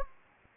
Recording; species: mosquito wingbeat signal from an infrared sensor; Anopheles gambiae